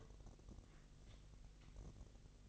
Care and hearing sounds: daily activity, microphone in the room; take from stove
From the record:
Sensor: 4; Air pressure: 1000.3 hPa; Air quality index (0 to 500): 220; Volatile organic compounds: 25 ppm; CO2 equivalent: 2834 ppm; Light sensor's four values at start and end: 9/20/8/8 and 9/19/8/7

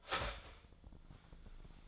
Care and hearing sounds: daily activity, microphone in the room; start toaster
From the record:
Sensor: 5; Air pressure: 1009.3 hPa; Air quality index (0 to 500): 169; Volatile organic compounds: 4 ppm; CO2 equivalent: 1636 ppm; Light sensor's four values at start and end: 89/236/96/101 and 89/236/96/101

